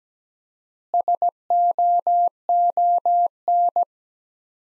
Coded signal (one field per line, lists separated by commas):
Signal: Morse code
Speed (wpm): 17 wpm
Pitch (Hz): 700 Hz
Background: none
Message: SOON